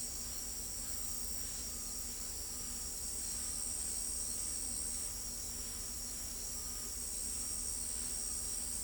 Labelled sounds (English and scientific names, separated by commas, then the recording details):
none
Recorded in pastures near Pivijay, Magdalena, Colombia, on 4 June 2023 at 02:30
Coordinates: 10.456, -74.369
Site P6-G026